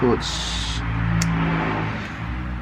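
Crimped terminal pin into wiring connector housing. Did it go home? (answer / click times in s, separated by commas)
yes / 1.2 s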